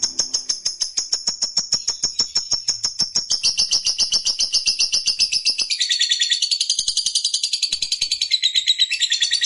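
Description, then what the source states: Lovebird in a long, fast run of shrill chirping notes, the stream growing denser and harsher in two steps, about a third of the way through and again about two-thirds through. Fighter-type lovebird singing energetically (gacor).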